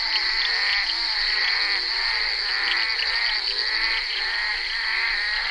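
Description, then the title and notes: Bullfrog chorus of nasal, wavering croaks that swell and fade in quick succession, accompanied by a steady high whine. Recorded during the filming of Bal poussière by Henri Duparc in February 1988. "crapaux buffle. enregistré sur le tournage Bal poussière dhenri duparc en février 1988"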